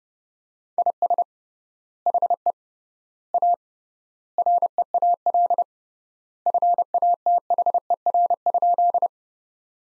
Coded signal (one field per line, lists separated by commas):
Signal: Morse code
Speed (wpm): 30 wpm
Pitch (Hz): 700 Hz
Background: none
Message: IS HE A REAL FATHER?